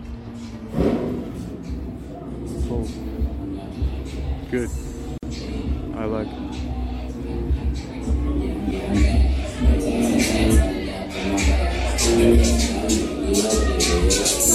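Lively sounds inside Central 111: many voices talking at once in a steady murmur, with a few clearer voices rising above it now and then. A low hum runs underneath, and the chatter grows busier and brighter after about eight seconds.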